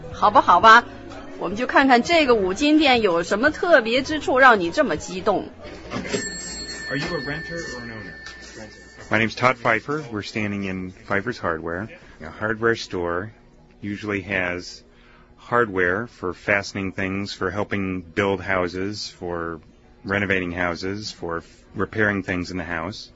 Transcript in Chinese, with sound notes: 好吧，我们就看看这个五金店有什么特别之处，让你这么激动。
(Background sounds of the Hardware Store. Cash register rings) My name is Todd Pfeiffer and we're standing in Pfeiffer's Hardware. A hardware store usually has hardware for fastening things, for helping build houses, for renovating houses, for repairing things in the house.